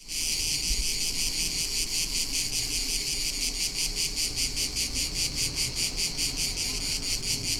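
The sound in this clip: Cicadas droning in a high, steady buzz that pulses rhythmically, over a low background rumble.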